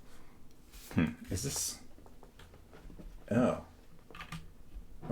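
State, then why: Not seated. A USB cable plug is worked into the port of a Drop ALT mechanical keyboard, pushed further because it was not fully connected, while someone talks. Light handling taps and small knocks are heard around 0.5, 2.1–2.7, 4.2–4.3 and 5.1–5.2 seconds. Nothing has seated or clicked yet when the clip ends.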